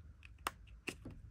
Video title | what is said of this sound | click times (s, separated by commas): Ridgeline Drop Offset Install Tutorial!!! | it clicked in now this is set the solid is good to go as you can see there's | 0.5 s